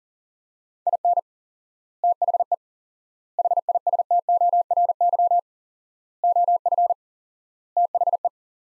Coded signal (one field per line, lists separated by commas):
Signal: Morse code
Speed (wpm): 37 wpm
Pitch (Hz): 700 Hz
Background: none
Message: IN THE HISTORY OF THE